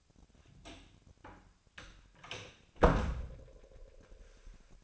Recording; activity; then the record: daily activity, microphone in the room; close door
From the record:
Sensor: 2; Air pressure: 1007.2 hPa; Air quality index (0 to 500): 188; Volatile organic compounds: 11 ppm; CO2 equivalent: 2313 ppm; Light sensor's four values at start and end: 10/24/10/10 and 10/23/10/10